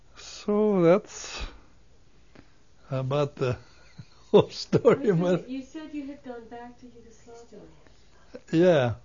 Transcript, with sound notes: So that's about the whole story (he laughs)
You said you had gone back to Yugoslavia.
Yeah.